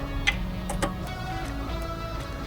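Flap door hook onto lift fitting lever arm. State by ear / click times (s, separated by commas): seated / 0.3 s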